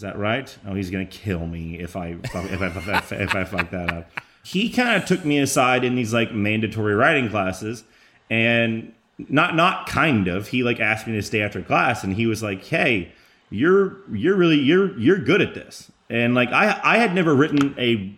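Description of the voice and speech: A man talks casually, with repeated part-phrases ("if I, if I, if I, if I", "you're you're… you're you're"), stretched syllables and brief hesitations, then speaks fluently between them. He has a speech impediment, a stutter, heard every now and then. This is stuttering: repetitions and prolongations breaking the flow of speech.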